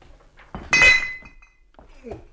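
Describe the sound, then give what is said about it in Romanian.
A sharp clatter of glass bottles, some empty and some full, knocking together, with a bright ringing tone that fades over about a second, followed by faint murmured voice sounds. “Uite-l și pe stăpân. Nu-l vedeam de sticle.”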